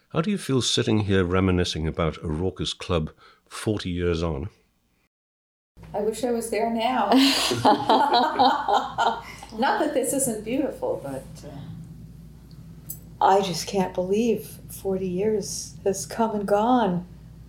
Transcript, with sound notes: How do you feel sitting here reminiscing about a raucous club forty years on? I wish I was there now! (laughs) Not that this isn’t beautiful, but I just can’t believe that 40 years has come and gone.